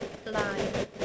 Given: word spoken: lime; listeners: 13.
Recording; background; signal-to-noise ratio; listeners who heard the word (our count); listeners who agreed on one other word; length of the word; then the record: one English word in noise, from a listening test; noise modulated by three-talker babble; -4.0 dB; 2 of 13; 8 of 13; 0.66 s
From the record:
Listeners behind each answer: 8, 2, 2, 1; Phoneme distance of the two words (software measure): 24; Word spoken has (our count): 1 syllable, 3 phonemes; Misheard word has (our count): 1 syllable, 5 phonemes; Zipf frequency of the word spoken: 4.09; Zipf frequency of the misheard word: 4.42